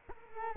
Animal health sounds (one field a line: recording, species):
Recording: mosquito wingbeat signal from an infrared sensor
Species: Culex quinquefasciatus